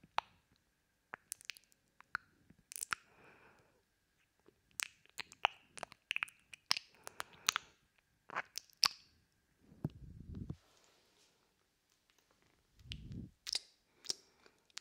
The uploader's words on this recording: ASMR Pure Wet Mouth Sounds.